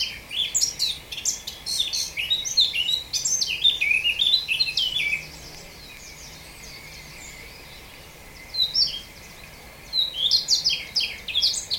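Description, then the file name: Eurasian blackcap giving a long, rapid warbled phrase of varied notes, then a pause, followed by two shorter bursts of similar chattering song. "Sylvia atricapilla"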